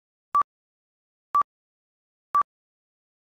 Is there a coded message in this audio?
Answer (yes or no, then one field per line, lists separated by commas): no